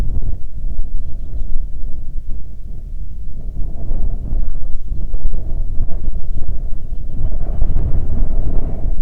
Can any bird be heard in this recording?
yes